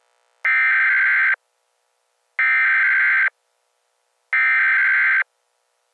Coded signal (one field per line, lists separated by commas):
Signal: Emergency Alert System (SAME) tones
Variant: header bursts